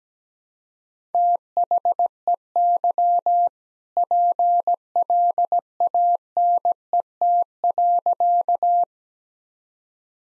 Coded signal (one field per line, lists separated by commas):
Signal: Morse code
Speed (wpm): 17 wpm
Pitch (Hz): 700 Hz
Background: none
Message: THEY PLANET.